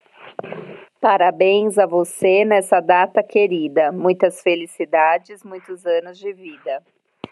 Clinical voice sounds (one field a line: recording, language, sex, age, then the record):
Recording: short text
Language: Brazilian Portuguese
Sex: female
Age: 30 to 39 years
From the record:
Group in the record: control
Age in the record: 36 years